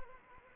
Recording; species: mosquito wingbeat signal from an infrared sensor; Anopheles arabiensis